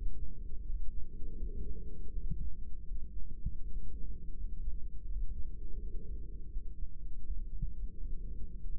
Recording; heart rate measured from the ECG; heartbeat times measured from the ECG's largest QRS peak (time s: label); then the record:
heart sounds by microphone in the right ear; 82 bpm
0.64 s: heartbeat
1.37 s: heartbeat
2.11 s: heartbeat
2.86 s: heartbeat
3.61 s: heartbeat
4.35 s: heartbeat
5.07 s: heartbeat
5.78 s: heartbeat
6.50 s: heartbeat
7.23 s: heartbeat
7.96 s: heartbeat
8.68 s: heartbeat
From the record:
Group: heart failure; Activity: rest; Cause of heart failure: ischemic heart disease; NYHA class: 2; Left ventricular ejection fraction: 34%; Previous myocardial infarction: present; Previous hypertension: absent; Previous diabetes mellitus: present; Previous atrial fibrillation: absent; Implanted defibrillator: absent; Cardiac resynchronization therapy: absent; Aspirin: absent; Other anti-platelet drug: present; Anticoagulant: apixaban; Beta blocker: bisoprolol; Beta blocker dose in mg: 10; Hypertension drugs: sacubitril-valsartan, spironolactone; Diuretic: furosemide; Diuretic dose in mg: 40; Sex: male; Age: 57 years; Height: 149 cm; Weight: 44.5 kg